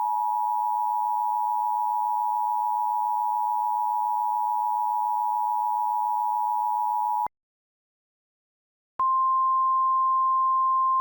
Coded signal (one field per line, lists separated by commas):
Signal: Emergency Alert System (SAME) tones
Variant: 853 and 960 Hz attention tone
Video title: [EAS Mockup] Childhood memory